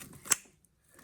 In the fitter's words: and what's unique about this tourniquet, when I pull it tight enough, you're gonna hear it click.